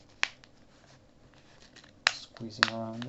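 A replacement ear pad is squeezed around its edge onto the ear cup on the other side of a flipped-over Drop + Sennheiser PC38X headphone. Two sharp snaps are heard at 0.2 s and 2.1 s, with faint handling noise between them and someone talking at the end. The ear pad clips snap on and the pad is seated.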